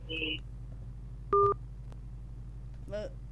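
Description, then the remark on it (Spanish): Telephone tones sound over a low steady hum as a call on a telephone line left open cuts off: a brief high beep, then a louder two-tone dual-pitch burst, followed by a short warbling electronic chirp. “Se cortó.”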